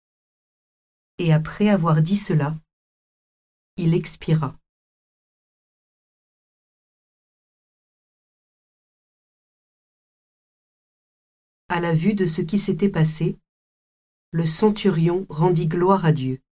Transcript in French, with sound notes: » Et après avoir dit cela, il expira. (Silence) À la vue de ce qui s’était passé, le centurion rendit gloire à Dieu: